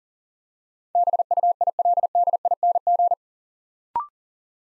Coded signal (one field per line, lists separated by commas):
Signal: Morse code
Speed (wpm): 39 wpm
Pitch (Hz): 700 Hz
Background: none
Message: BUILDING